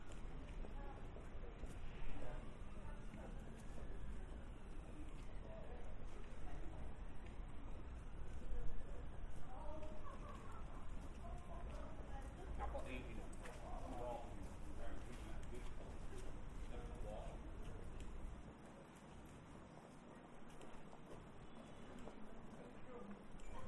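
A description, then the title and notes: Crowd chatter fills Harrogate town centre by the Christmas tree, steady overlapping voices over a low rumble that drops away near eighteen seconds. Christmas Tree, Harrogate Town Centre.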